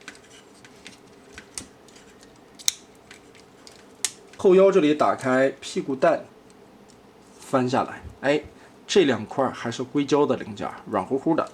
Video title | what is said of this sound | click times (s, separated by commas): 猜猜什么地方该用肉色？变形金刚CS03娘化红蜘蛛玩具开箱 | 大腿侧面的装甲双关节扣上去， | 2.7 s